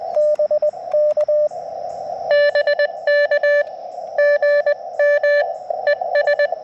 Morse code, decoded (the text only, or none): BK BK GM ES